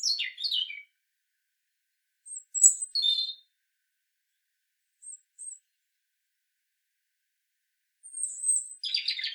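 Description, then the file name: European robin sings sparse, high twittering phrases with long silent gaps, a couple of faint thin notes in between, and a final scratchy burst. "Erithacus rubecula"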